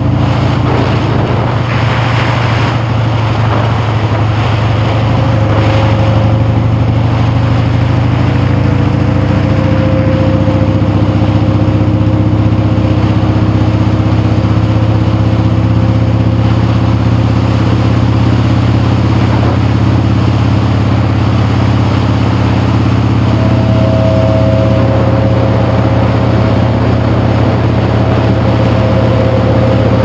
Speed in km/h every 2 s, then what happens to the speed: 40, 29, 29, 35, 42, 47, 42, 50, 45, 47, 50, 47, 50, 45, 50.
0-3 brakes to 29. 3-9 speeds up to 47.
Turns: none.